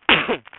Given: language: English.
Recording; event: throat vibration sensor signal played as sound; cough